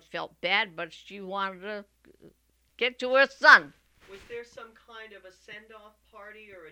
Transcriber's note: none